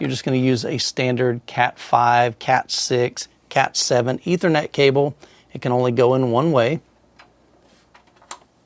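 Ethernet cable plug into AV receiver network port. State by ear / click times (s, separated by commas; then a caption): seated / 8.3 s. Someone talks while a standard Cat5/Cat6/Cat7 Ethernet cable's plastic RJ45 plug is pushed into the network port of an AV receiver. After the talking stops, two quieter handling ticks come at about 7.2 and 8.0 seconds, followed by a sharp latch click at 8.3 seconds as the plug seats in the port.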